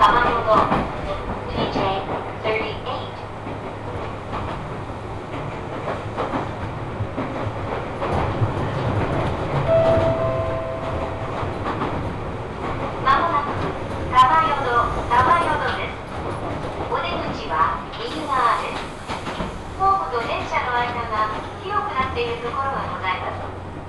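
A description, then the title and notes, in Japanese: A Tobu Tojo Line local train runs between Yorii and Ogawamachi, its low rumble steady underneath throughout. Voices come and go over it, with clearer speech in the second half, and a brief tone sounds near ten seconds. 秩父鉄道から東武東上線に乗り換えます。東武東上線 寄居→小川町。普通列車の4両編成のみで、単線区間になります。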